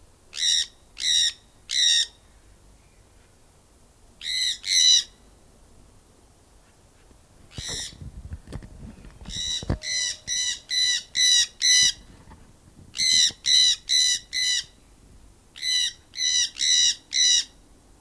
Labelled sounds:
Jandaya Parakeet call
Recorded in captivity
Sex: group
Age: adult
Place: Tierpark Berlin, Berlin, DE
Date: 2000-12-21 15:35
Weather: bedeckt, 0°C
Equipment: Nagra SN, Kopie Uher 4000 Report Monitor
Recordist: Tembrock, Günter

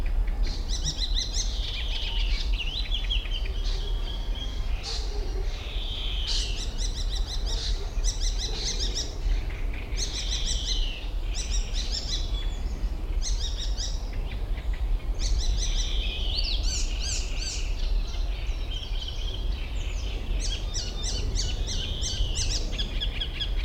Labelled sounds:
Great Reed Warbler
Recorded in the wild
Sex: male
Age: adult
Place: Blankenfelde, Berlin, DE
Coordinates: 52.332, 13.421
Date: 1993-05-30
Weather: heiter, 18-21°C
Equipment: Marantz CP 430, Sennheiser ME 80, Kopie Uher Variocord 263
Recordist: Tembrock, Günter

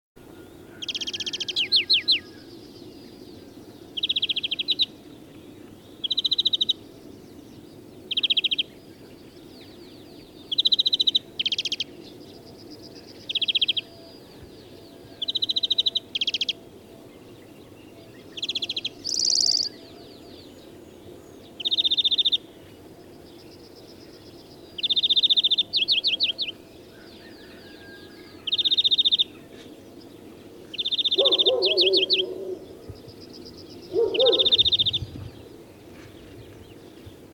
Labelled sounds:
European Greenfinch song
Gray Wolf
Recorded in the wild
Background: Canis lupus
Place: Parchtitz, Insel Rügen, Mecklenburg-Vorpommern, DE
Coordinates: 54.342, 13.555
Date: 1976-05-08 06:10
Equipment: Nagra III BH, Sennheiser MD 21, parabola
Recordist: Schubert, Michael
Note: Gesang Grünfink, nicht weit ein Hofhund

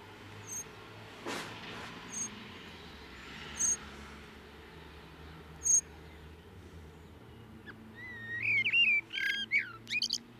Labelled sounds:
Common Blackbird song
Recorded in the wild
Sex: male
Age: adult
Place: Homburg, Saarland, DE
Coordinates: 49.2397, 7.3398
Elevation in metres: 243
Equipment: Nagra IV, Sennheiser MKH 405, Parabolreflektor
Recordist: Tretzel, Erwin

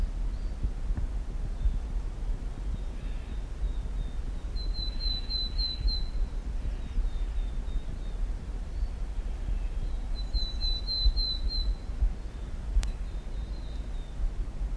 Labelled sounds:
Willow Tit
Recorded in the wild
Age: adult
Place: Mirnock, Kärnten, AT
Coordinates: 46.758, 13.714
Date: 1967-03-12
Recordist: Brunner, Thomas

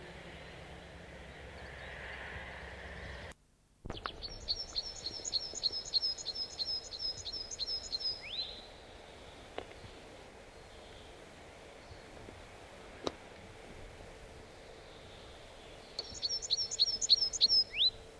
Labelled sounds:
Tree Pipit song
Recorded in the wild
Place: Bruchberg, Niedersachsen, DE
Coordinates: 51.79, 10.5
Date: 1986-06-16
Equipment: Sony WM-D6C, Parabolscheibe
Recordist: Skiba, Reinald

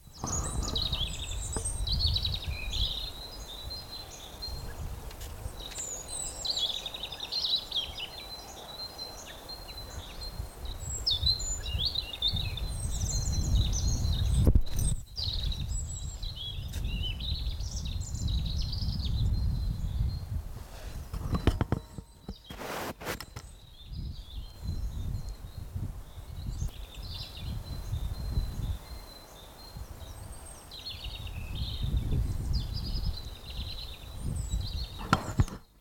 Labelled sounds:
European Robin
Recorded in the wild
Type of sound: song, call, call sequence, twittering
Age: adult
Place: Blankenfelde, Tegeler Fließ, Berlin, DE
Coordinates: 52.625, 13.404
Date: 1992-04-11 10:40
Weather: heiter, 14°C, Wind
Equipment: Nagra SN, Mikrofon AKG CK 8, Kopie Tesla B 116
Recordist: Tembrock, Günter
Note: Wäldchen am Standrohr; Gesang

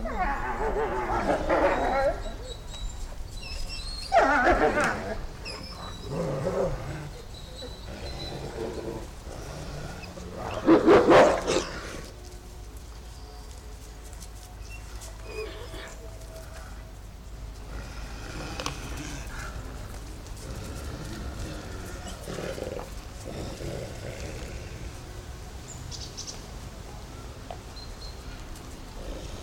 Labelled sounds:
Gray Wolf
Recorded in captivity
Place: Tiergarten Nürnberg, Bayern, DE
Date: 1995-09-08 11:40
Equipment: Nagra SN, Sennheiser ME 80, Kopie Uher 4000 Report Monitor
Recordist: Tembrock, Günter
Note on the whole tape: Laute nach Fütterung, Abwehr - diverse Lautformen, Winseln, Knurren, Abwehrbellen, Stoßlaute. Entfernung ca. 10 m

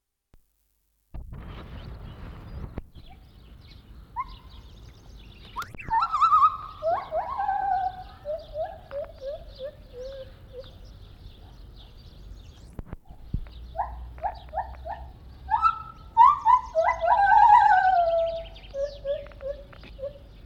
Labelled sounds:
Silvery Javan Gibbon
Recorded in captivity
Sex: diverse
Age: adult
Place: Zoo Rostock, Mecklenburg-Vorpommern, DE
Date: 1970-06-03 13:53
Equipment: Uher 4200 Report Stereo, Sennheiser MD 421
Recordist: Tembrock, Günter

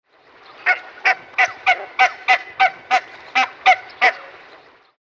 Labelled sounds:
Barnacle Goose
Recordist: Tembrock, Günter
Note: Rufreihe

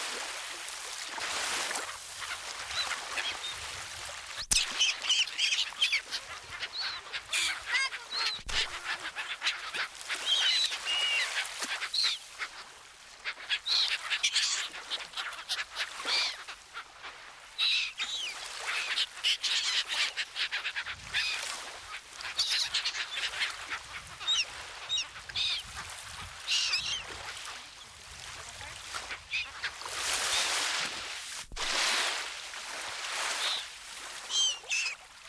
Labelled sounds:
Black-headed Gull call
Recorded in the wild
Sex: group
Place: Heringsdorf, Insel Usedom, Mecklenburg-Vorpommern, DE
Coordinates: 53.9569, 14.1542
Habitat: Baltic Sea, beach
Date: 1983-09-18 17:37
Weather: sunny, 17°C
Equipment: Nagra SN, Sennheiser MKH 416 T, Kopie Uher 4000 Report Monitor
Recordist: Tembrock, Günter

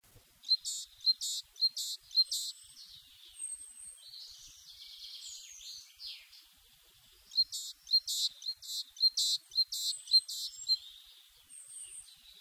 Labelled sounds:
Great Tit song
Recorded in the wild
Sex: male
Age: adult
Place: Erlangen, Bayern, DE
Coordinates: 49.6028, 10.9581
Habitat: alder crop
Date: 1965-04-28
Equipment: Vollspur
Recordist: Tretzel, Erwin

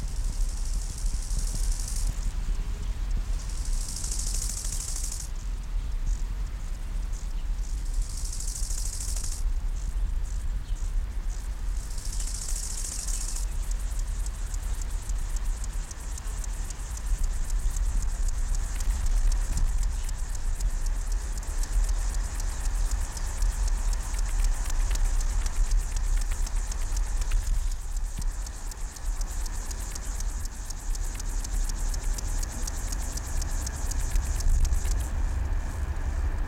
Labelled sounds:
Bow-winged Grasshopper stridulation
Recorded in the wild
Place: Blankenfelde, Berlin, DE
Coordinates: 52.625, 13.404
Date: 1992-08-09 11:30
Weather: sonnig, 26-29°C
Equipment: Marantz CP 430, Sennheiser ME 80, Kopie Tesla B 116
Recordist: Tembrock, Günter

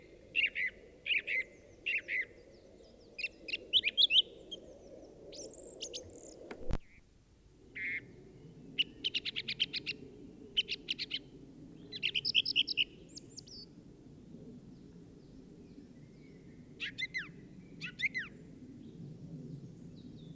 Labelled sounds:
Song Thrush song
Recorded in the wild
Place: Kaiserslautern, Rheinland-Pfalz, DE
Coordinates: 49.4481, 7.78778
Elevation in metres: 241
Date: 1974-03-28
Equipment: Nagra IV, Sennheiser MKH 405, Parabolreflektor
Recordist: Tretzel, Erwin

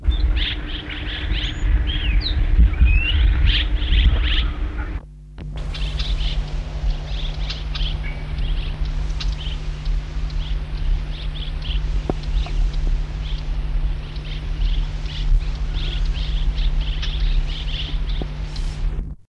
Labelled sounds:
Greater Striped Swallow
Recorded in the wild
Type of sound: call, song
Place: Südwestafrika
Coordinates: -23, 17
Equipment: Halbspur, 9,5 cm/s
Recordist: Lütgens, Hans
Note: Rufe, Gesang

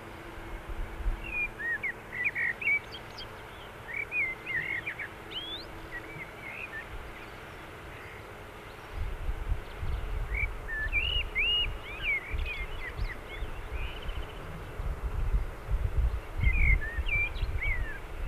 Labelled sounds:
Common Blackbird song
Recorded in the wild
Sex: male
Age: adult
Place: Garmisch-Partenkirchen, Bayern, DE
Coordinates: 47.4931, 11.0633
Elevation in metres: 784
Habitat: mountains
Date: 1968-04-19
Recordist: Tretzel, Erwin

